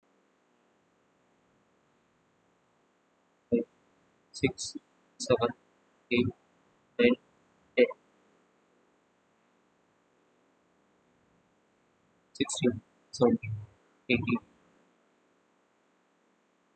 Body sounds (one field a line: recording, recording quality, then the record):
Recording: counting at a normal pace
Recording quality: poor, much background noise or distortion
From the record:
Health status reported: recovered from COVID-19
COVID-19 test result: negative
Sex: male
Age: 23 years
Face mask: not worn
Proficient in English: yes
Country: India